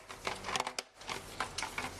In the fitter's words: and it's going to basically snap in place okay